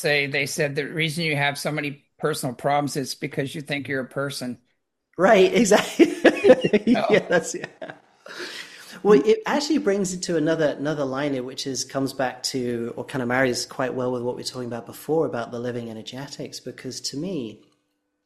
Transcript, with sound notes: They said the reason you have so many personal problems is because you think you're a person.
Right, exactly. (laughs)
You know?
Yeah, that's... (laughs) Well, it actually brings it to another, another line here, which is, comes back to, or kind of marries quite well with what we were talking about before about the living energetics. Because to me,